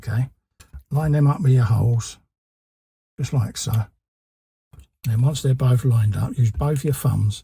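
A plastic armour cover panel for a 1:3 scale RoboCop partwork figure model is lined up so its holes sit over two locating pins on the back, ready to be pressed on with both thumbs. Someone talks throughout, with brief faint handling sounds around 4.7–4.8 seconds. Nothing has seated or clicked yet.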